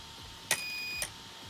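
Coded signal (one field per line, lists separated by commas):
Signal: beep code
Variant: Arrma BLX-185 ESC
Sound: a click, one long high beep of about half a second, then another click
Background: faint hum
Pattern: 1 long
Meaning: Punch setting five selected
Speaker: now it's gonna five is one long beep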